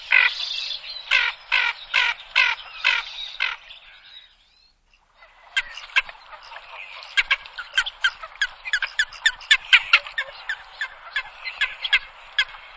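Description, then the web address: Ferruginous duck calling: a run of evenly spaced harsh rasping notes, a short pause, then a long rapid series of dry, clicking croaks. "fuligule nyroca"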